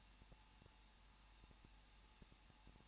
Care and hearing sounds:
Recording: daily activity, microphone in the room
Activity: no activity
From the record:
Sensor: 1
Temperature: 20.1 degrees Celsius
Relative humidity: 39.1%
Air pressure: 1006.5 hPa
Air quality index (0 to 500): 216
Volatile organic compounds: 72 ppm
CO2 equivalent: 3538 ppm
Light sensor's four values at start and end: 1/2/1/1 and 1/2/1/1

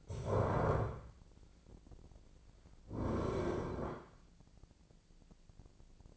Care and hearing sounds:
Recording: daily activity, microphone in the room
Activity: stand up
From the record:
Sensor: 5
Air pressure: 1009.3 hPa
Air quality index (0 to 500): 157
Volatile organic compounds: 2 ppm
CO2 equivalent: 1204 ppm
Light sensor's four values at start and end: 236/569/239/259 and 233/563/236/256

